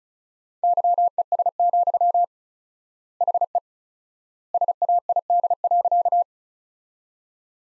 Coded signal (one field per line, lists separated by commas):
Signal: Morse code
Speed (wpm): 36 wpm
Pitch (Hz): 700 Hz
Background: none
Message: YES, HE SAID.